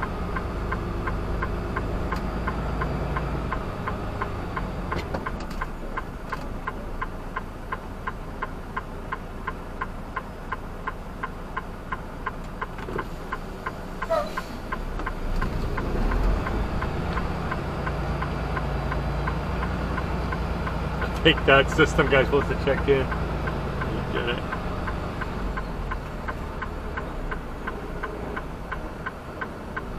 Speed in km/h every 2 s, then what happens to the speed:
5, 5, 3, 0, 0, 0, 0, 0, 5, 5, 5, 5, 5, 5, 2.
0-5 steady at about 5. 5-15 standing. 15-30 steady at about 5.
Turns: none.